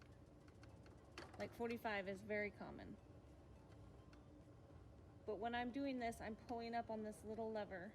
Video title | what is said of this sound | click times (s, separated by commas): Using the Miter Saw at the Art Warehouse | and some of these angles that are very common it will stop on its own and lock into place | 1.2 s